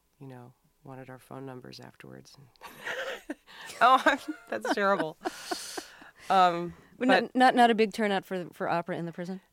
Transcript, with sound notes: you know, wanted our phone numbers afterwards. (Soundbite of laughter) Oh, that's terrible.
Not a big turnout for opera in the prison?